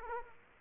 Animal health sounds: mosquito wingbeat signal from an infrared sensor; Aedes aegypti

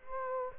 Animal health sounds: mosquito wingbeat signal from an infrared sensor; Culex quinquefasciatus

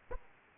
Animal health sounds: mosquito wingbeat signal from an infrared sensor; Aedes aegypti

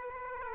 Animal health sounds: mosquito wingbeat signal from an infrared sensor; Aedes aegypti

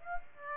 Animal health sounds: mosquito wingbeat signal from an infrared sensor; Aedes aegypti

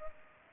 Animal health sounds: mosquito wingbeat signal from an infrared sensor; Culex pipiens

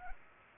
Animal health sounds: mosquito wingbeat signal from an infrared sensor; Culex pipiens

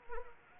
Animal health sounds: mosquito wingbeat signal from an infrared sensor; Anopheles arabiensis

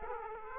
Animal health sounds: mosquito wingbeat signal from an infrared sensor; Aedes aegypti

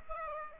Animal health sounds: mosquito wingbeat signal from an infrared sensor; Aedes aegypti

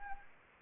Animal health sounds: mosquito wingbeat signal from an infrared sensor; Anopheles arabiensis

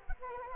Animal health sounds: mosquito wingbeat signal from an infrared sensor; Anopheles arabiensis

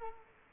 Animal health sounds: mosquito wingbeat signal from an infrared sensor; Culex quinquefasciatus

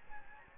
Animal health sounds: mosquito wingbeat signal from an infrared sensor; Aedes albopictus

